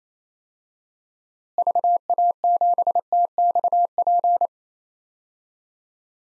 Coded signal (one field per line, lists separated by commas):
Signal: Morse code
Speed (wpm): 28 wpm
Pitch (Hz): 700 Hz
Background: none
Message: VA7TXP